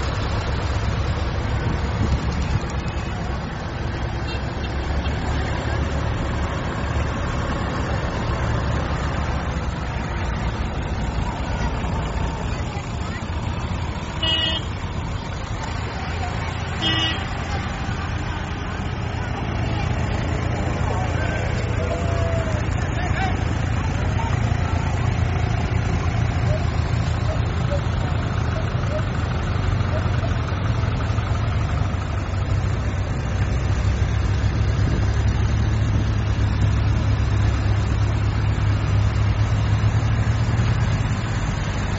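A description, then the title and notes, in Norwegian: A tractor train rumbles along steadily, its deep engine drone filling the low end for the whole ride and swelling slightly louder after about twenty-five seconds. Voices murmur faintly over the motor, and a couple of short bright tones ring out around fourteen and seventeen seconds. Traktortog i Nordbygdo.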